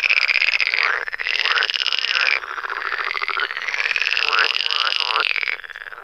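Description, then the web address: Pool frogs croaking in a loud chorus of fast, pulsed rattles, rising and falling in intensity with short swooping notes among them. In a forest. "Tajemnice puszczy Zaba jeziorkowa"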